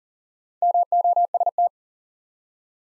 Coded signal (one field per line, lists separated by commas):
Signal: Morse code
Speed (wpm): 40 wpm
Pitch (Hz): 700 Hz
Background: none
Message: MOST